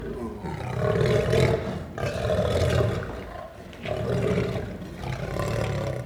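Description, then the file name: Lion growling deep and rasping in three or four long rumbling swells, each one to two seconds long. Growling and roaring. "Het grommen en brullen van een leeuw - Beeld en Geluid"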